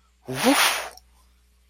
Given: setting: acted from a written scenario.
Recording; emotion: vocal sound without words; triumph